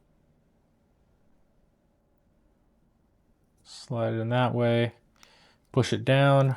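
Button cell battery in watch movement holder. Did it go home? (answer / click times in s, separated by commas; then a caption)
no / none. A new button cell battery is slid into the holder of a Fossil watch movement, the second of the FS5251 and FS4931 pair, and lined up before being pushed down. After about four seconds of near silence, someone talks. Nothing has seated or clicked yet.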